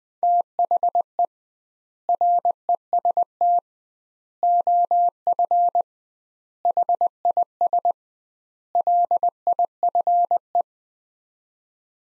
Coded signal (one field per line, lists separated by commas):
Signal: Morse code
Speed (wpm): 20 wpm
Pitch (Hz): 700 Hz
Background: none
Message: THE REST OF HIS LIFE